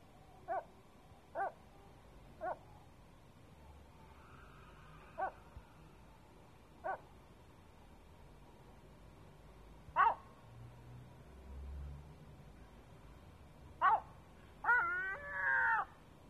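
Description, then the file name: Gull calls: short harmonic yelps at irregular intervals, ending in a longer, wavering drawn-out call over quiet low background noise. A gull on a roof at 3 am in Sète. "Seagull on the roof 3 am Sète"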